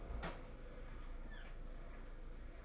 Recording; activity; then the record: daily activity, microphone in the room; open fridge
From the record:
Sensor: 5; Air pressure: 991.1 hPa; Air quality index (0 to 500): 114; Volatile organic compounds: 32 ppm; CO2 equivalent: 3001 ppm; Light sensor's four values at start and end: 33/106/40/43 and 34/106/41/43